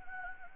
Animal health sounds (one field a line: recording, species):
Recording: mosquito wingbeat signal from an infrared sensor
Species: Anopheles gambiae